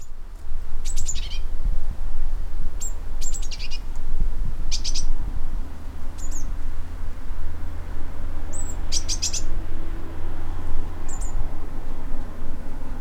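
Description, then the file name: Eurasian blue tit calls: thin, very high notes, some in fast stuttering bursts, others short slurred whistles, given in clusters over a low constant rumble. "Cyanistes caeruleus"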